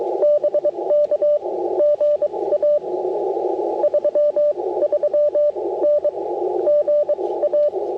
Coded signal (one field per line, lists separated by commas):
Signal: Morse code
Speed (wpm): 21 wpm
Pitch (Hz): 600 Hz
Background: radio noise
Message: BK GA 33N GA